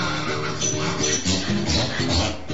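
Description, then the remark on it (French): A horse named Clarisse, a steed setting off toward Paris, whinnies in one long, wavering call, its pitch quivering up and down in bursts. It is fairly loud and fills about two and a half seconds with no talking over it. “Oh, j'adore l'accent de ce cheval.”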